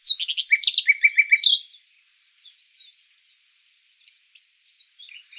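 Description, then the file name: Common nightingale phrase of jumbled sharp notes and a quick stutter of repeated notes, followed by faint scattered chirps. "Luscinia megarhynchos"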